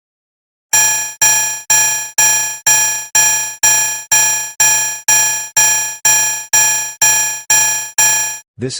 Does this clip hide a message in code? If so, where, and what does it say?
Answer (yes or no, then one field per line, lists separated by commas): no